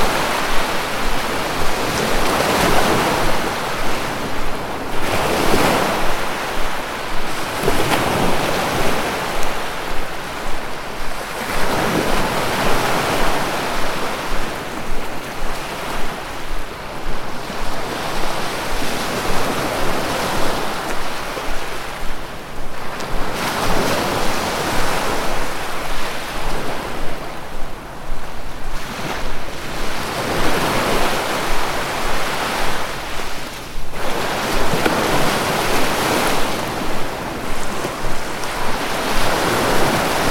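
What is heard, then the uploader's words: Sea surf rolls in continuously, with waves swelling and washing back every few seconds in a steady, dense hiss. The sound is full, mostly in the middle range, with a low wind rumble running underneath throughout. Sea.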